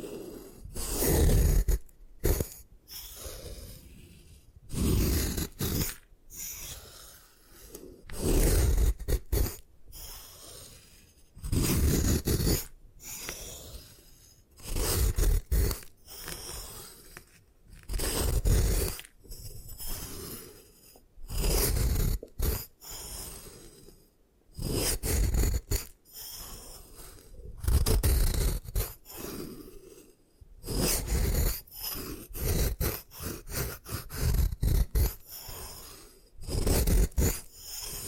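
Gym chalk being crushed and destroyed, heard as a series of rough, gritty scraping and crunching bursts that come every second or two. Each burst is loud and full, from low thumps to bright hiss, separated by short quieter gaps with a faint steady hiss.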